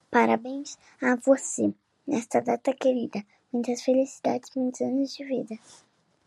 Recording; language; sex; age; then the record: short text; Brazilian Portuguese; male; 50 to 59 years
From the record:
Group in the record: control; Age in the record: 50 years